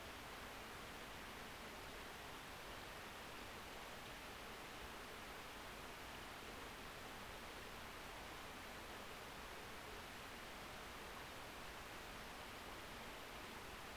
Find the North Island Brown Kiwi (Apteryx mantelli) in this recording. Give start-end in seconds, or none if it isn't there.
none